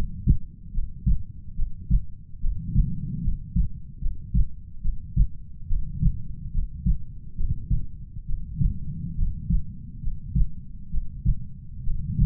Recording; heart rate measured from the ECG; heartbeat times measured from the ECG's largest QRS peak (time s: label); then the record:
heart sounds by stethoscope; 70 bpm
0.72 s: heartbeat
1.55 s: heartbeat
2.40 s: heartbeat
3.21 s: heartbeat
3.99 s: heartbeat
4.81 s: heartbeat
5.67 s: heartbeat
6.51 s: heartbeat
7.35 s: heartbeat
8.25 s: heartbeat
9.15 s: heartbeat
10.00 s: heartbeat
10.90 s: heartbeat
11.83 s: heartbeat
From the record:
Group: healthy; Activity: rest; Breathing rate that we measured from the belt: 20 breaths a minute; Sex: female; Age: 22 years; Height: 160 cm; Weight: 45 kg